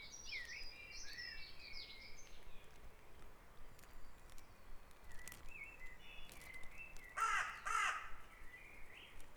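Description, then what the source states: Birds at dawn: soft whistled notes early on, then two loud, harsh caws close together near the end over steady background hiss. Dawn chorus on Back Dragon Avenue in Harrogate, part of a sound map of the town.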